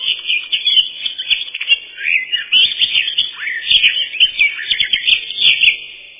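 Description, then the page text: Eurasian blackcap song: an unbroken stream of rapid, chattering and whistled notes, fairly even in loudness throughout. "Славка-черноголовка — Sylvia atricapilla"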